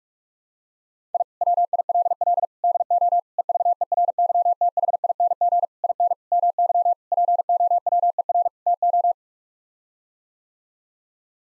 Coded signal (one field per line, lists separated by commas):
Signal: Morse code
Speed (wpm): 46 wpm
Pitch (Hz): 700 Hz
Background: none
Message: I WILL DO EVERYTHING IN MY POWER TO